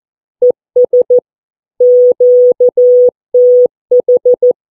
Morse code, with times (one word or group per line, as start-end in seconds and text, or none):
0.4-1.2 ES
1.8-4.5 QTH